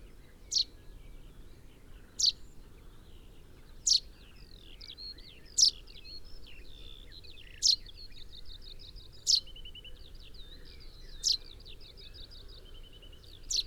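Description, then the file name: Common chaffinch repeating a sharp, high, falling call note about every two seconds, while other small birds twitter and trill softly in the background. "Fringilla coelebs 180719"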